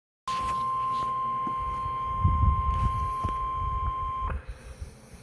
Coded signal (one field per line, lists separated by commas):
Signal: Emergency Alert System (SAME) tones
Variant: 1050 Hz attention tone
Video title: Eas Video Compilation (100th EAS!!!)